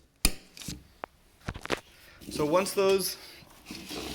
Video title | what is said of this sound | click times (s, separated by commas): How to build IKEA Sektion Maximera drawer for Base Cabinets | and then you just have to pull it until it clicks into place | 0.2 s